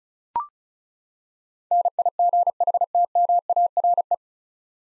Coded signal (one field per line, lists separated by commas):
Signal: Morse code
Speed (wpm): 34 wpm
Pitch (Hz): 700 Hz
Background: none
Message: NIGHTMARE